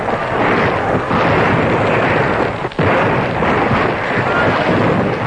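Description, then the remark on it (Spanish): Loud volleys of rifle gunfire merge into a dense, continuous crackling roar that barely lets up, dipping only once for an instant midway. No voices are heard. “los disparos de fusilería indicaban que Carcine había cumplido su tarea”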